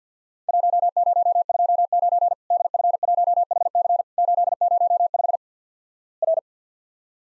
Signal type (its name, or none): Morse code